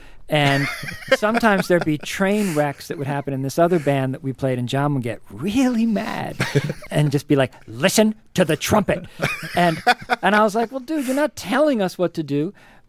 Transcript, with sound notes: And sometimes there'd be train wrecks that would happen in this other band that we played, and Jon would get really mad and just be like, listen to the trumpet.
(Laughter).
And I was like, well, dude, you're not telling us what to do.